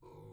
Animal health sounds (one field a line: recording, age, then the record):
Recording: pig call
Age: weaner (32 to 43 days)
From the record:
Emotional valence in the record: negative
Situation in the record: restrain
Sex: male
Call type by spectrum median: low-frequency call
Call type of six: low-frequency stable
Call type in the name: low-frequency stable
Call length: 0.33 s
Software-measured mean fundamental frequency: 52 Hz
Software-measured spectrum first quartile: 134 Hz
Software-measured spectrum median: 339 Hz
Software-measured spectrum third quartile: 606 Hz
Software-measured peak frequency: 130 Hz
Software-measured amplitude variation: 113 dB a second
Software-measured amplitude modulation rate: 30.5 a second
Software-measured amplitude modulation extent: 3.7 dB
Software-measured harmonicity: -0.3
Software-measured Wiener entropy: 0.40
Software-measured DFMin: 917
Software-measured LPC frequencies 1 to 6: 402, 948, 2305, 3930, 5423, 6660 Hz